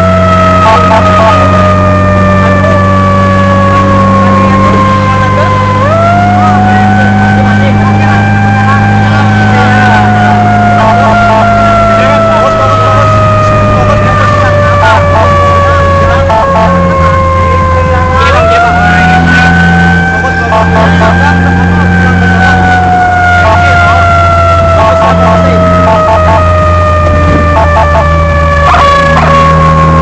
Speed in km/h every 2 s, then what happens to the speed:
80, 83, 84, 87, 89, 90, 88, 75, 73, 73, 75, 77, 74, 70, 66.
0-10 speeds up to 90. 10-14 brakes to 75. 14-22 steady at about 75. 22-30 slows to 66.